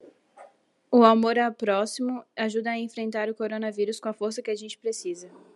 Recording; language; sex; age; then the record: spoken sentence; Brazilian Portuguese; female; 18 to 19 years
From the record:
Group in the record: control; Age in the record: 19 years